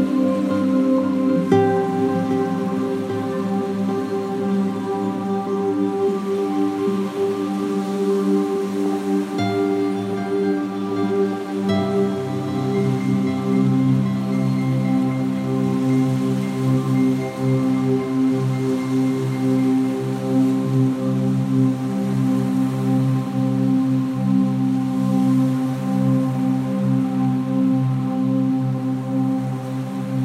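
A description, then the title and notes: Soft nylon guitar plays a flowing melody over sustained sweeping pads, new chords entering near 1, 9 and 12 seconds, above a steady wash. The waves of the Irish sea lapping on the beach on a warm summers night is the backdrop to this gentle and soothing track, with simple nylon guitar over sweeping pads creating a soft flowing melody.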